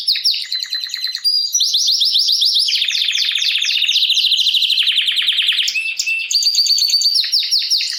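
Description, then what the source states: Belgian canary song in one unbroken stream of quick trills and rolls, stepping between higher and lower pitches without pause. Male Belgian canary named Raiden singing a great deal; meant for warming up young birds and Belgian canaries.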